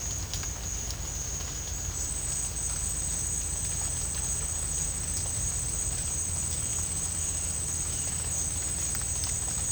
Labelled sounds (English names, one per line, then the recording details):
none
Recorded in dense forest near Puerto Asís, Putumayo, Colombia, on 21 December 2024 at 11:30
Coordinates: 0.481, -76.323
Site G100